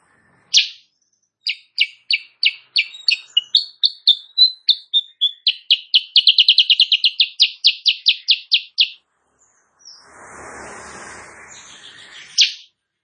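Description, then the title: Sooty-headed bulbul delivering a lengthy string of sharp repeated notes that quicken into a trill, then a rush of noise and a final loud note. Recorded in the morning; bird singing energetically (gacor); used as a master recording for training songbirds, meant to provoke other birds to answer. "Masteran Kutilang Sutra. Kutilang Sutra GACOR pagi hari bikin lawannya AUTO NYAUT"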